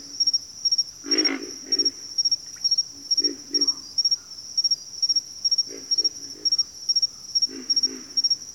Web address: ENTER Music and Audio J - Nature Songs Nature Sounds Sounds of Nature Collection Pig Frogs